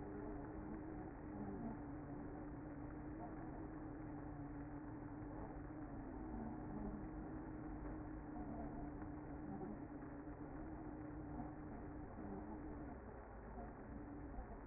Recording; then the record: honeybee colony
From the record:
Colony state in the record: active